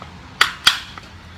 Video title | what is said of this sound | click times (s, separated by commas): Zombie Apocalypse SKS Mods | and these actually lock and snap into place. | 0.4 s